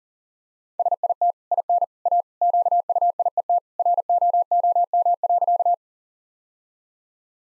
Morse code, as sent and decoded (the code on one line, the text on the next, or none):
... .. - / .. -. / .- / --.- ..- .. . - / .-. --- --- -- .-.-.-
SIT IN A QUIET ROOM.